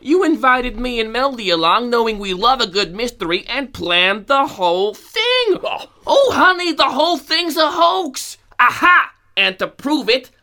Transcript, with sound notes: You invited me and Meldy along knowing we love a good mystery and planned the whole thing. (excitedly) Honey the whole thing’s a hoax. Aha! And to prove it…